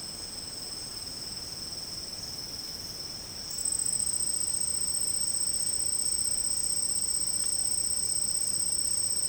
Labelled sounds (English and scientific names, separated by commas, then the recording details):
none
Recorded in secondary vegetation near Puerto Asís, Putumayo, Colombia, on 24 March 2025 at 10:00
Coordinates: 0.502, -76.326
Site G100